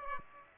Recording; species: mosquito wingbeat signal from an infrared sensor; Aedes aegypti